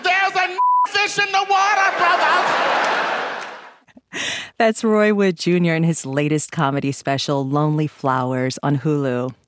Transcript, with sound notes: There's a [expletive] fish in the water, brothers.
(LAUGHTER)
That's Roy Wood Jr. in his latest comedy special "Lonely Flowers" on Hulu.